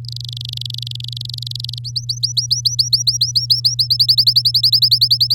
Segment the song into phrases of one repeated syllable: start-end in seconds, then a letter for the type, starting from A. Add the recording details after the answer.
0.05-1.79 A, 1.84-3.88 B, 3.90-5.34 C. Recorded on 8 May 2018 at 08:58. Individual llb16